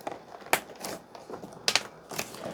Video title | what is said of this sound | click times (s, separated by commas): AVIOS 2.2M KOBUZ POWER GLIDER MAIDEN PLUS by FGFRC #aviation #aircraft | If you don't hear those two little clicks, don't fly. | 0.5 s, 1.7 s